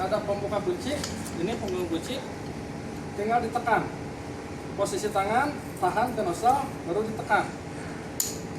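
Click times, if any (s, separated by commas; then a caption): 8.2 s. During fire hydrant training, a hand holds a hydrant nozzle seated in a female hose coupling and presses the coupling's lock release to disconnect it while someone talks. A single sharp metallic click sounds at 8.2 s as the coupling releases open.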